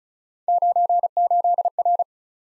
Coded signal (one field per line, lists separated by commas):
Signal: Morse code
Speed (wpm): 36 wpm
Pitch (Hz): 700 Hz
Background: none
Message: 98R